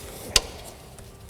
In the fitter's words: There it is. It wasn't quite seated in the crank pulley,